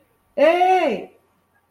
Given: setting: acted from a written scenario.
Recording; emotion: vocal sound without words; distress